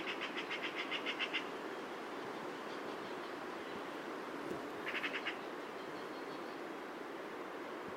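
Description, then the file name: Eurasian magpie giving a harsh, rapid rattling chatter, then a shorter burst a few seconds later, over a constant rushing noise. "Pica pica"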